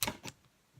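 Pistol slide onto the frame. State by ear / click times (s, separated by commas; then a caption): seated / 0.0 s. During reassembly of a Kimber Ultra Covert II subcompact 1911 .45 ACP, the steel slide is slid back onto the frame rails and clicks into place at 0.0 s, with a softer tick following at 0.3 s. The quiet click means the slide is seated and the parts lined up perfectly.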